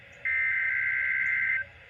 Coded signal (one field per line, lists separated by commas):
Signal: Emergency Alert System (SAME) tones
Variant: header bursts